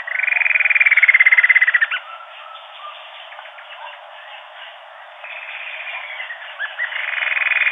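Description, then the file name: Bird calls, a loud pulsed, slightly falling note series lasting nearly two seconds, a quieter stretch, then further rapid pulsed bursts near the end. "SABIOD 50 bird 2015"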